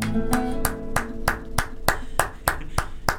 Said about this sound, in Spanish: Hay mucha gente aplaudiendo, hay mucha gente aplaudiendo